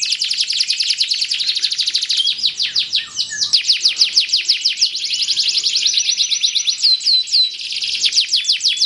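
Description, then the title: Canary song, long rapid trills of high repeated notes, changing pace several times, with a few sharp hooked whistles. Belgian canary; warm-up song used to stimulate a canary to sing. "Canto Para Esquentar Canário Belga. SUARA BURUNG : Kenari"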